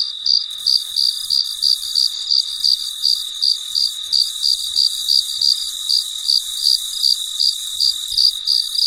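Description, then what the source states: Rhythmic cricket chirping, high-pitched pulses near three per second, over a persistent shrill insect background. Recorded late at night; very quiet surroundings.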